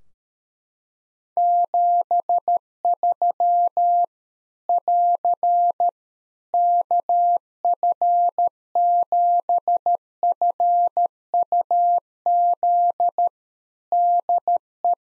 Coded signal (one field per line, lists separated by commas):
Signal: Morse code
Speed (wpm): 13 wpm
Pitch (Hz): 700 Hz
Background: none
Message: 73 <AR> KF7FUZ DE